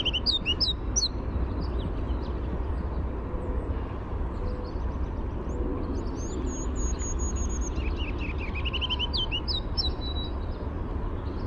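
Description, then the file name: Ruby-crowned kinglet song: thin, high, twittering notes and a quick run of repeated rising phrases over a steady low rumble of engine noise. "RCKI song"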